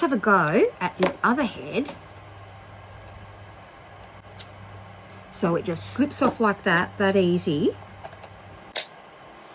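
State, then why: Seated. Someone talks over a low steady hum while swapping heads on cordless electric scissors used for heavy denim cutting. The replacement plastic cutting head is pushed onto the scissors body and snaps into place with a sharp click at 8.8 s. It is seated and locked on.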